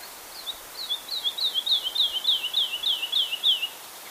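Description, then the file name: Woodlark song: a rapid series of sweet, downslurred whistled notes, repeated in a steady phrase over a quiet background. "Tottavilla"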